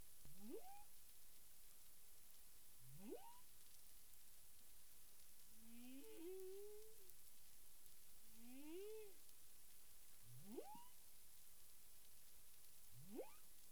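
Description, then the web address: Humpback whale vocal units: several sharp rising whoops, with two longer arching moans in the middle, over constant background hiss. Caribbean, 9 April 2002, 18:36 UTC. "humpback whale 20020409 183653 UTC"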